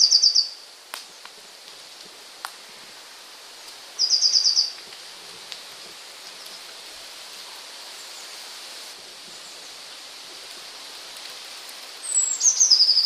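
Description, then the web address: Eurasian blue tit song: three brief, rapid high trills spaced several seconds apart, over steady hiss. "wroblowe kolekcja modraszka"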